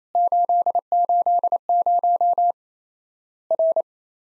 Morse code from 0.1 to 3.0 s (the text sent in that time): 880